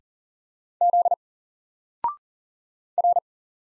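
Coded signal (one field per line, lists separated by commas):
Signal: Morse code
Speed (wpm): 40 wpm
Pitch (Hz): 700 Hz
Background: none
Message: Z R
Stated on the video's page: Morse practice at 40 wpm of single letters and numbers, each sent, spoken, then sent again for head-copy.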